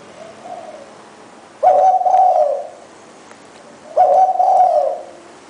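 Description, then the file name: Spotted Dove cooing: a soft low lead-in note, then two strong hollow coos, with quiet between. "นกเขาใหญ่"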